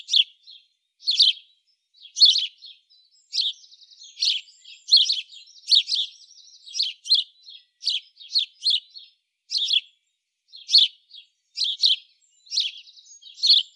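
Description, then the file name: House sparrow giving a steady run of short, harsh chirps, often paired, repeated throughout with brief gaps. "Passer domesticus"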